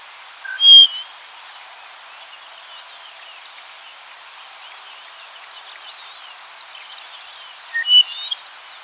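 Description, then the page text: Dupont's lark song: a loud, pure whistled phrase at the start and another about seven seconds later, with continuous soft twittering between them. "Duponts Lark Song. Quick Sounds"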